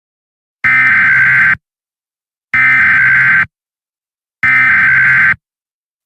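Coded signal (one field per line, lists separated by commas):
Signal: Emergency Alert System (SAME) tones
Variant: header bursts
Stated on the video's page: Fictional short EAS scenario, a simulated alert rather than a real broadcast.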